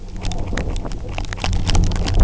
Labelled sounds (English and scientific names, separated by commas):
none